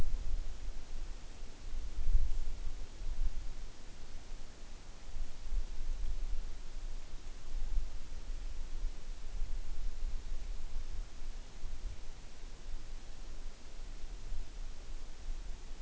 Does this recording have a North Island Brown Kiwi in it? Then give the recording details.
no. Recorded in New Zealand on 9 June 2014. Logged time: 02:19